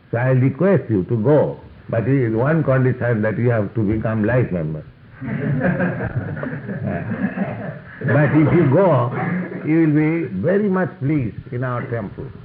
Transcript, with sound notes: I request you to go. But one condition: that you have to become Life Member. [laughter] But if you go, will be very much pleased in our temples.